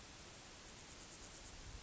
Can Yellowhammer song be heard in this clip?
no